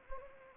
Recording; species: mosquito wingbeat signal from an infrared sensor; Anopheles arabiensis